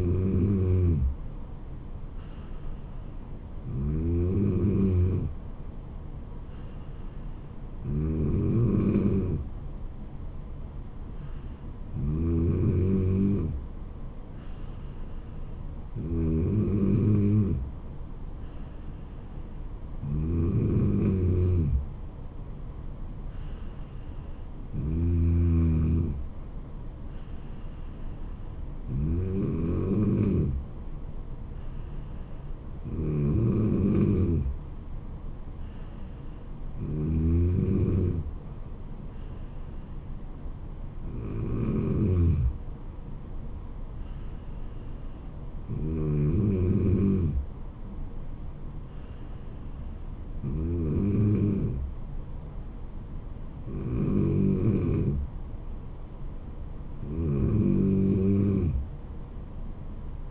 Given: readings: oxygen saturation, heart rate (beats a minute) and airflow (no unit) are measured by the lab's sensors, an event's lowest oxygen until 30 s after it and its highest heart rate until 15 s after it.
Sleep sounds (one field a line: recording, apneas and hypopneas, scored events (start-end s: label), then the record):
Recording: breathing in sleep by a smartphone at the bedside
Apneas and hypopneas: none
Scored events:
52.00-60.31 s: new sleep stage, N3 (deep sleep)
From the record:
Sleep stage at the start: N2 (light sleep)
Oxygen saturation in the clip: 94 to 95%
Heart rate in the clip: 68 to 77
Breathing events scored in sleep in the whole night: 426 in 7.4 hours asleep